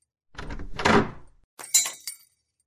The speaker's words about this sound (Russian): Дверь магазина открылась, звякнул дверной колокольчик, и я очутилась лицом к лицу с тем, о ком только что мечтала.